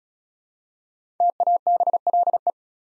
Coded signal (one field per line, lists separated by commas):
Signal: Morse code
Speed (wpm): 35 wpm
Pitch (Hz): 700 Hz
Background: none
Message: TABLE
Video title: Easy Words - Speed-Racing with Hints - 28wpm